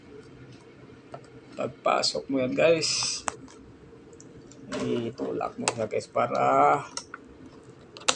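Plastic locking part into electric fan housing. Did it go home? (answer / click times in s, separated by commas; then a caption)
yes / 8.1 s. During a box fan repair, a plastic locking part is pushed into the electric fan housing while someone talks, with a few light clicks along the way. A loud, sharp snap at 8.1 s marks the part locking into place.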